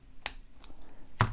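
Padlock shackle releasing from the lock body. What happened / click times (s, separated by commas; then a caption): The lock's shackle snapped open / 0.3 s. A hook picks the last pin of a Master Lock M530 laminated steel padlock under top-of-keyway tension, and the shackle releases from the lock body with a sharp metallic snap at 0.3 s. A softer click follows around 0.6 s, then another loud, broad snap near 1.2 s. The padlock is open.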